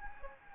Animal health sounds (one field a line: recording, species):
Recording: mosquito wingbeat signal from an infrared sensor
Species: Anopheles gambiae